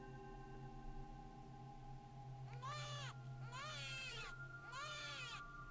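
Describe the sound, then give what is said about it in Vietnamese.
A newborn baby cries loudly in three wavering, high-pitched wails, each lasting under a second, over a steady low droning hum that fills the opening seconds. “Bỗng dưng, Nhài chợt nghe tiếng khóc váng lên của một đứa trẻ sơ sinh ở bên ngoài phòng khách.”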